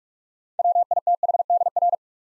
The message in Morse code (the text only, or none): WITHDR